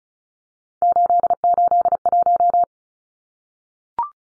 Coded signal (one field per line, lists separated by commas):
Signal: Morse code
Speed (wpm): 34 wpm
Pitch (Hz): 700 Hz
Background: none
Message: 881